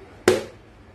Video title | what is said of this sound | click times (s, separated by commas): Tupperware Bulk Storage Rice Containers Set🍚🌾Tupperware Modular Mates Oval Plastic Containers Set | press कर देते तो यह lock हो जाता है | 0.3 s